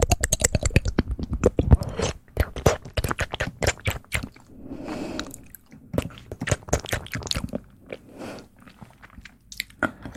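Soft mouth sounds made of rapid wet clicks and crunchy, chewing-like pops, densest in the first two seconds and again after six. Around five seconds the clicks give way to a brief low, breathy smear before the irregular clicking returns, fading out near the end.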